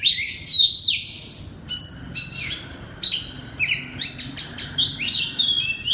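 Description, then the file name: Oriental magpie-robin singing loud, ringing whistles, long downward slurs and sharp chips spaced in short phrases. Loud song in the 'ngeplong' style of the kacer. "suara kacer ngeplong keras"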